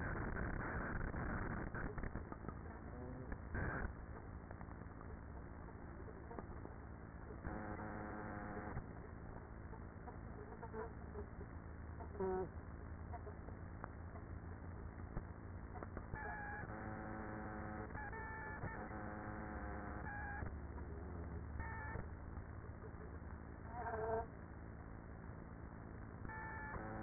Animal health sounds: honeybee colony, microphone inside the hive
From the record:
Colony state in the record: queenless with a low population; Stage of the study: after two queens were removed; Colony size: about 30,000 bees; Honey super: no

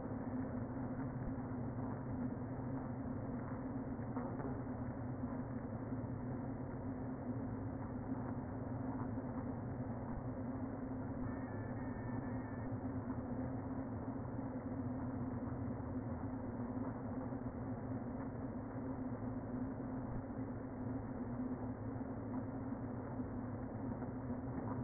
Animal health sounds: honeybee colony, microphone inside the hive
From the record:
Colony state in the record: queen present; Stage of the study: before two queens were removed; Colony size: about 60,000 bees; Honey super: yes

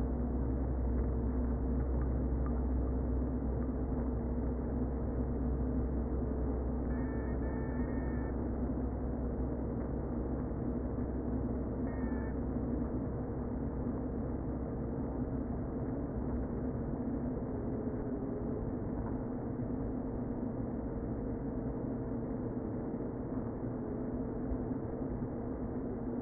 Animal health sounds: honeybee colony, microphone inside the hive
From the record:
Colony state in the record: queen present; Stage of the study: before two queens were removed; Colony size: about 60,000 bees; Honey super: yes

